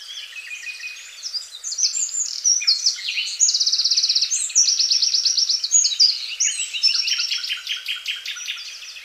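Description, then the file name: Nightingale in full song: rich, rapidly changing phrases with loud rattling trills and sharp repeated notes, delivered almost without pause. Song heard during the day. "Nightingale Exhibition Day"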